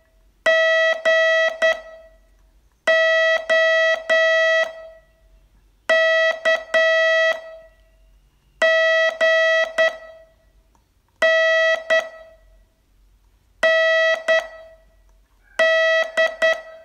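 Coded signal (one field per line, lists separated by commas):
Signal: Morse code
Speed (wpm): 10 wpm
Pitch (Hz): 650 Hz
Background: none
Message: G O K G N N D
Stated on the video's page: Morse training lesson, day 23 of a 42-day course.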